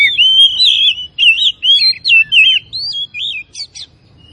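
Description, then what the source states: Oriental magpie-robin singing a continuous run of smooth, looping whistles that rise and fall, fading toward the end. Kacer of the Tretes type, described as gacor (singing vigorously).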